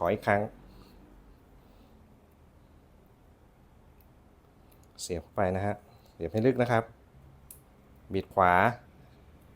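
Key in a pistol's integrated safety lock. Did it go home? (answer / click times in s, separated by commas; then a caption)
yes / 7.5 s. A key is pushed deep into the built-in security lock of a Taurus PT609 PRO 9 mm pistol (13+1 capacity) and turned to the right while someone talks. A short, sharp click at 7.5 s marks the lock engaging, and the pistol is now locked.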